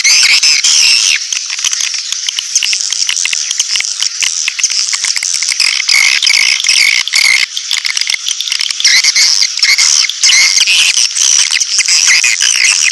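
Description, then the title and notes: Swiftlet calls as a steady, thick chorus of high chittering and buzzing chirps that runs unbroken through the whole stretch. Swiftlet farming sound from Asia. "Swiflet Bird Sound. Farming Swiflet Bird asia sound"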